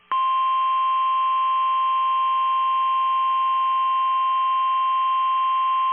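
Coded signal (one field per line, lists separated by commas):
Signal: Emergency Alert System (SAME) tones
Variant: 1050 Hz attention tone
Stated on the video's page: Severe Thunderstorm Warning on NOAA Weather Radio for south-central Pennsylvania counties.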